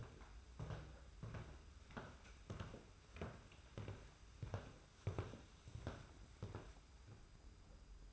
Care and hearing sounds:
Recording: daily activity, microphone in the room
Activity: walk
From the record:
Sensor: 2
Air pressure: 991.5 hPa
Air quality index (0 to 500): 187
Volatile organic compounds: 1000 ppm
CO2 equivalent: 6097 ppm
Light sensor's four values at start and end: 30/92/36/34 and 28/88/34/32

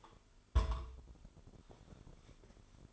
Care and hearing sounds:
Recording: daily activity, microphone in the room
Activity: place on stove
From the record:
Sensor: 5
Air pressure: 988.4 hPa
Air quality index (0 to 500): 201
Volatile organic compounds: 76 ppm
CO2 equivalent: 3576 ppm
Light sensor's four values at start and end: 47/138/54/59 and 47/138/54/59

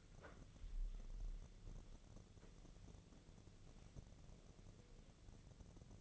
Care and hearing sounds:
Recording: daily activity, microphone in the room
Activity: wipe stove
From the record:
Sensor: 4

